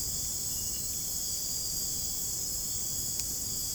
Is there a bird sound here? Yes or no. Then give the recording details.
no. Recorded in dense forest near Puerto Asís, Putumayo, Colombia, on 29 June 2025 at 01:30. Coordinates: 0.503, -76.323. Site G059